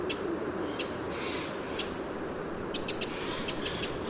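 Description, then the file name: Eurasian wren giving scattered sharp ticks, first singly and then in a quicker cluster of several notes, against a steady background hiss. "Troglodytes troglodytes"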